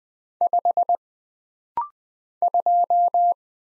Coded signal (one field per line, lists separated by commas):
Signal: Morse code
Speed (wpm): 20 wpm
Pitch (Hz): 700 Hz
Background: none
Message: 5 2